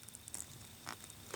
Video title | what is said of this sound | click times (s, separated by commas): Samsung Galaxy Gear 2 Unboxing and First Impressions | and move it into whatever hole that you want to put it in and to close it it just snaps into place | 0.3 s